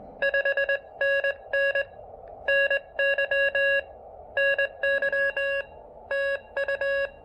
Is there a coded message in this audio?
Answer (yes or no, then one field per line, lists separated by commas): yes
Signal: Morse code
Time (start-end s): 0.2-7.1 s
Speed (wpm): 21 wpm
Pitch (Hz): 1650 Hz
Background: none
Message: 5NN NY NY TU